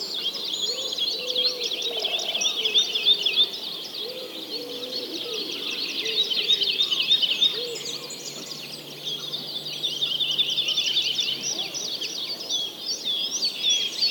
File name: Digiffects Sound Effects Library - Many Birds Singing